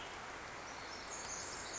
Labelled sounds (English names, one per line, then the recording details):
Pacific Wren
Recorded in Sonoma County, California